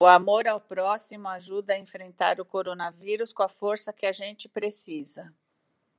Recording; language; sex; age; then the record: spoken sentence; Brazilian Portuguese; female; 50 to 59 years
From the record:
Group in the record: control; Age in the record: 57 years